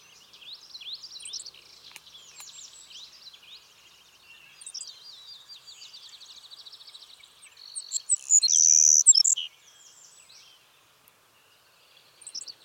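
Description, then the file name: Savannah sparrow song: a loud, high, buzzy trill with sharp lead-in chips rises out of quieter twittering and trilling. "Passerculus sandwichensis - Savannah Sparrow"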